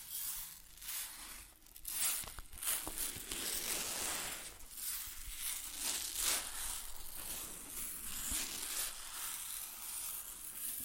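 Grain pours and shifts in a dense, hissing rustle that runs the full length without a break. The sound is bright and gritty, swelling and easing in loose waves every second or two, with a few sharper ticks near the two-second mark.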